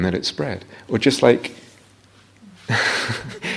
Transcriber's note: laughs